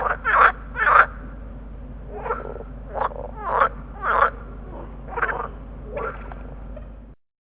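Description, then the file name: Water frog chorus of repeated quacking croaks, several overlapping, closely spaced at first then more spread out, ending abruptly. Chorus call of green frogs (groene kikker). "groenekikker roepkoor"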